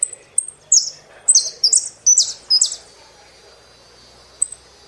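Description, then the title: Saffron finch song: high, buzzy, burry phrases sung in a quick burst through the middle, with thin high chip notes before and after, over faint background hiss. "Jilguero Argentino"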